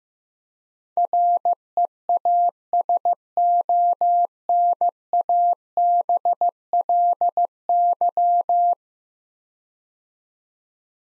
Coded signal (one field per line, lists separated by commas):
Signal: Morse code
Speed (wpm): 16 wpm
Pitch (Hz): 700 Hz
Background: none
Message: REASONABLY